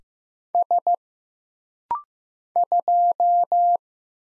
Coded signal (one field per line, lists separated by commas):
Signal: Morse code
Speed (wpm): 15 wpm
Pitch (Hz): 700 Hz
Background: none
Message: S 2